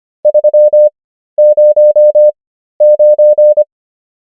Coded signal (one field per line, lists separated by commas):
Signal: Morse code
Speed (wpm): 25 wpm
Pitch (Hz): 600 Hz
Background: none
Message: 309